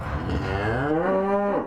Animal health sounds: contact call of a hoofed animal; cattle; low-frequency (closed-mouth) or high-frequency (open-mouth) call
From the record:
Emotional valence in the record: negative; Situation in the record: full separation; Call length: 1.66 s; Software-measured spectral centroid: 1120 Hz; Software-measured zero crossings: 1240 a second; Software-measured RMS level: -24 dBFS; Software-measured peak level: -12 dBFS

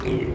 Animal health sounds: contact call of a hoofed animal; pig; closed-mouth grunt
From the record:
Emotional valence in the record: positive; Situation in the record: food and toys in familiar pen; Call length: 0.35 s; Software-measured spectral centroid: 1730 Hz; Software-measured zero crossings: 1010 a second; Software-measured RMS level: -24 dBFS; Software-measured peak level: -17 dBFS

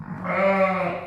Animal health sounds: contact call of a hoofed animal; sheep; low-frequency (closed-mouth) or high-frequency (open-mouth) call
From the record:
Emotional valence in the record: negative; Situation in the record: short social isolation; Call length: 1.07 s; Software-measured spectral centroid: 1420 Hz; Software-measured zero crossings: 1680 a second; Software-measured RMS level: -23 dBFS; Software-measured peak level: -10 dBFS

